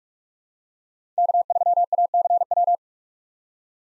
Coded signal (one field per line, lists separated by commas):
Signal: Morse code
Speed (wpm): 44 wpm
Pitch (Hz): 700 Hz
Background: none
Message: K3ACW